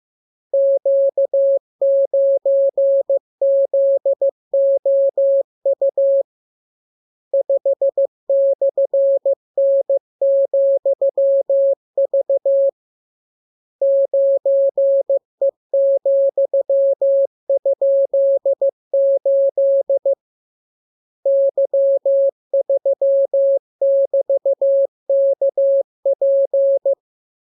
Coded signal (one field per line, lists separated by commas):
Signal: Morse code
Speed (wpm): 15 wpm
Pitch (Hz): 550 Hz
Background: none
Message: Q9ZOU 5/N,V 9E,?8 Y3<BT>KP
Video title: Learning Morse Code. Lesson 33. Letter KMURESNAPTLWI.JZ=FOY,VG5/Q92H38B?4